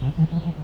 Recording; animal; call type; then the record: contact call of a hoofed animal; goat; low-frequency (closed-mouth) or high-frequency (open-mouth) call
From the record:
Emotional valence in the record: negative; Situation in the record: short social isolation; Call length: 0.64 s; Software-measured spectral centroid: 1110 Hz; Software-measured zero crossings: 540 a second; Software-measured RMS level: -23 dBFS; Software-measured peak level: -10 dBFS